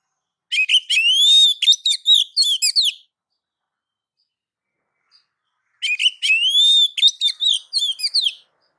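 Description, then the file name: Oriental magpie-robin delivering two similar phrases of fast, sweet whistles mixed with sharp chirps, each lasting about two and a half seconds, separated by silence. Female calling the male. "Suara Kicau Burung Kacer Betina Memanggil Jantan"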